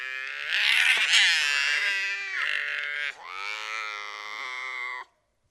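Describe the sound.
Binturong producing one long harmonic wail lasting about five seconds, rough at the start, dipping briefly midway, then steady until it stops abruptly.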